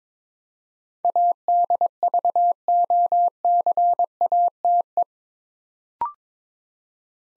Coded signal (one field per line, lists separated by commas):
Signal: Morse code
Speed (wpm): 22 wpm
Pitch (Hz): 700 Hz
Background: none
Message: ADVOCATE